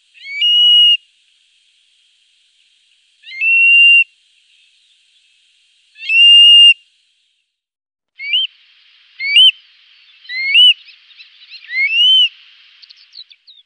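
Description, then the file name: Eurasian stone-curlew whistles: three long, shrill wailing notes a few seconds apart, then quicker rising whistles with some rougher notes between. "Tjockfot"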